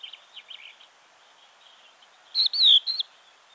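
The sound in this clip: Crested lark whistled call near the end, three clear notes with a drawn-out sliding middle note, preceded by a few faint high chirps.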